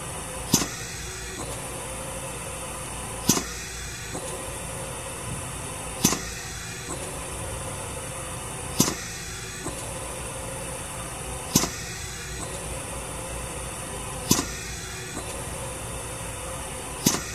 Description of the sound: Hospital Ventilator Compressor Air Release.